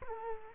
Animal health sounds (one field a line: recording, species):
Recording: mosquito wingbeat signal from an infrared sensor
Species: Culex quinquefasciatus